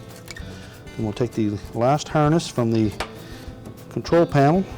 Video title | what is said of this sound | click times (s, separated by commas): Estate Washer Repair – How to replace the Central Electronic Control | push the board towards the front of the washer making sure that the locking tab at the back engages so that it can't come loose then | 0.3 s